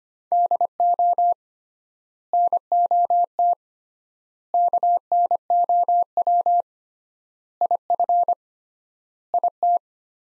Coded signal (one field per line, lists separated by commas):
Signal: Morse code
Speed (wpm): 25 wpm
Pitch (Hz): 700 Hz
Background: none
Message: DO NOT KNOW IF IT